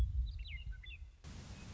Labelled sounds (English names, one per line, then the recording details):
Western Meadowlark
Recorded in Sonoma County, California